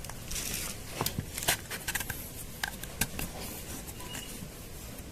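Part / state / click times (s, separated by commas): hose fitting into pump clip / not seated / none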